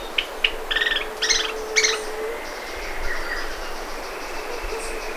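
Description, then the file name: Rusty-fronted tody-flycatcher song: a quick run of short, buzzy stuttering notes over nearly two seconds, alongside long thin whistles from other birds and constant background hiss. "canto do ferreirinho de testa parda"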